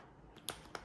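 A driver bit is pushed into a quick-release holder after some fiddling, and a sharp, bright click at 0.5 s marks it locking into place. A second, slightly softer click follows at 0.8 s, with a faint tick just before the first. The bit is seated and locked in the holder.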